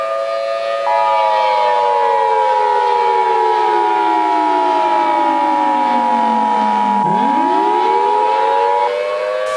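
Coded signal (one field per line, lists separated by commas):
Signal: Emergency Alert System (SAME) tones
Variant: 853 and 960 Hz attention tone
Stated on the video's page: Fictional EAS scenario about a sunless Earth, not a real alert.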